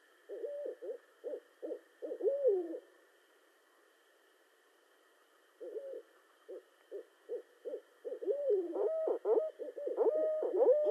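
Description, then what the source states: Barred owl giving bursts of short hoots, a pause, then a run of hoots growing louder and ending in loud drawn-out wavering notes, with a steady faint hum behind. Recorded 18 March 2012.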